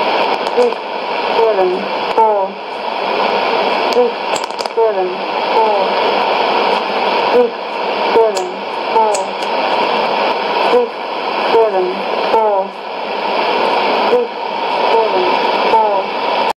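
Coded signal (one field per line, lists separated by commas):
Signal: numbers station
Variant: E17z English Lady, English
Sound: a woman's voice reading short, evenly spaced words through heavy shortwave static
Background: radio static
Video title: 27 07 2017 Numbers station E17z English Lady in English to Eu 0810 on 12850 unknown tx site in CUSB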